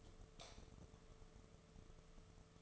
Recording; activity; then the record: daily activity, microphone in the room; light off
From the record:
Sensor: 4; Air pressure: 1015.6 hPa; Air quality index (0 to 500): 182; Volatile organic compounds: 8 ppm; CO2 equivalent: 2108 ppm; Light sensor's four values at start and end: 20/50/21/22 and 18/43/18/18